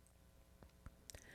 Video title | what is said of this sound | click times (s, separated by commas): Mr Coffee Iced Coffee Machine Review - Detailed! Is it worth it? Hint: YES! And only $25! | to get used to getting it on there secure but you'll kind of feel it and hear it click and | 1.1 s